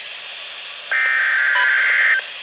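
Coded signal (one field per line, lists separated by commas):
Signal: Emergency Alert System (SAME) tones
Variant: header bursts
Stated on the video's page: Winter Storm Watch recorded on an iPhone with poor audio quality.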